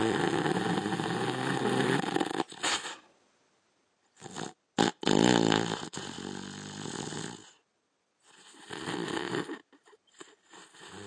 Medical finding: Man Snoring.